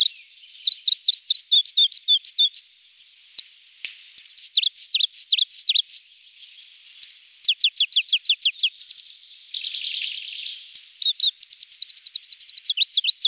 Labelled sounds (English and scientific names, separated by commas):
Pallas's Leaf Warbler (Phylloscopus proregulus) song